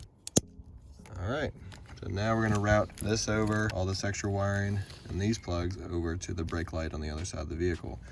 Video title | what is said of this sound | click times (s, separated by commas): Nissan Passenger NV 1500, 2500, 3500 Trailer Wiring Harness Install | You should hear an actual clicking. | 0.3 s, 0.4 s